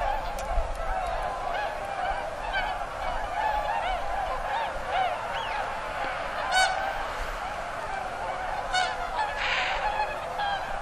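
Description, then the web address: Swans honking together in a steady, crowded chorus of nasal bugling notes. Recorded 16 November 2007. "swan 20071116"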